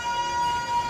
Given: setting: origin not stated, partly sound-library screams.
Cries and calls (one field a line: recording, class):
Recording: one-second piece from a danger detection set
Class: woman in danger